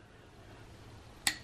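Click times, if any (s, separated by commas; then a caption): 1.3 s. A click-type torque wrench tightens the next oil pump bolt into the engine block of a 420A engine to 17 ft lb. A low, steady background hiss runs until a single sharp, bright click at 1.3 s, which fades quickly. The wrench has clicked at its setting, so the bolt has reached the set torque.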